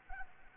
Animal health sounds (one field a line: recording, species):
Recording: mosquito wingbeat signal from an infrared sensor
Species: Anopheles arabiensis